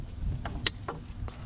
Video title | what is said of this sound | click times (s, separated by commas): 1.4T Big Bore Turbo Inlet Install - step-by-step! | So it pops right into place as it should. | 0.7 s